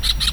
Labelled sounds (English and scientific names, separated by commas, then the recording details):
Brown-throated Parakeet (Eupsittula pertinax) contact call
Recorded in Venezuela
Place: Tumeremo, Edo. Bolívar
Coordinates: 7.209, -61.364